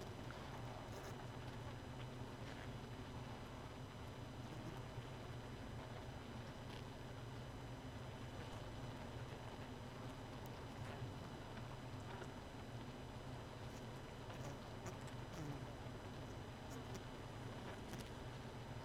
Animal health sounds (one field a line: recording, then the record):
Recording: honeybee colony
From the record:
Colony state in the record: missing queen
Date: 31 May 2018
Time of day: 2:25